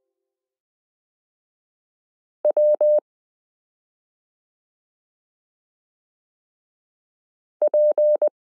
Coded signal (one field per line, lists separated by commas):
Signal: Morse code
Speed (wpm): 20 wpm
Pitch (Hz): 600 Hz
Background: none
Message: W P